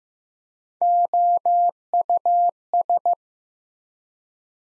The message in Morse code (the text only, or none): OUS